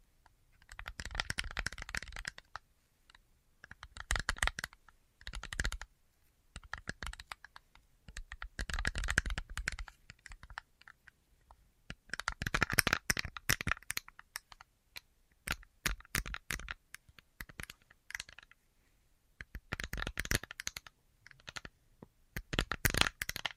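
Quick bursts of light tapping come in clusters separated by brief silences, crisp clicky strikes like fingers drumming on a keyboard.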